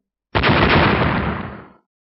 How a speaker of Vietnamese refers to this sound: Những tiếng nổ vang dội đất trời, hư không nơi hai vật đụng vào nhau thình lình vỡ vụn, hiện ra từng đạo vết rách không gian, vừa xuất hiện nhanh chóng khép lại như chưa hề xuất hiện.